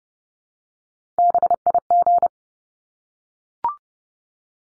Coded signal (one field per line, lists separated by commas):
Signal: Morse code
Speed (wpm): 30 wpm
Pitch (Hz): 700 Hz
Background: none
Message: BIG